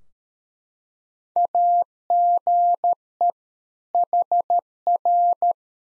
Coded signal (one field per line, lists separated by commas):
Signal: Morse code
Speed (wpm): 13 wpm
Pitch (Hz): 700 Hz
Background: none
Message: AGE HR